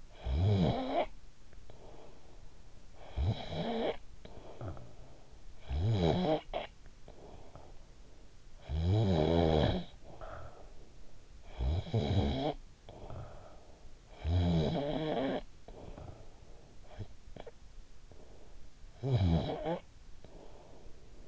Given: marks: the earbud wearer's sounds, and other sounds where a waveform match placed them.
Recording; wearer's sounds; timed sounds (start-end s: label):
sounds in sleep by an in-ear microphone; snoring breath
0.00-2.71 s: snoring breath
2.86-8.03 s: snoring breath
8.17-17.75 s: snoring breath
18.86-21.28 s: snoring breath